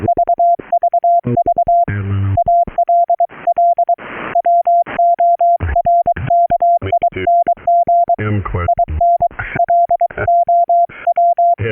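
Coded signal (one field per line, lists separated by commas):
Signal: Morse code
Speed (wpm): 23 wpm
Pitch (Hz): 690 Hz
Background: speech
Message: VVV ALL WORKING IN LOW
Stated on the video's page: CW sent remotely via straight key and paddles into a Teensy USB MIDI board driving Recri software keyer, streamed over TCP to a Raspberry Pi rig interface.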